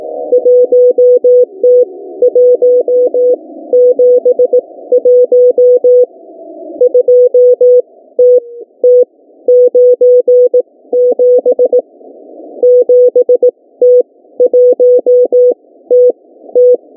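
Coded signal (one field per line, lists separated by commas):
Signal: Morse code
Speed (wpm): 18 wpm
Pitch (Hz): 500 Hz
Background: music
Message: 1T171 2TT97 7T1TT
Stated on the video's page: Morse code from a shortwave station recording (REA4 / A2TsA).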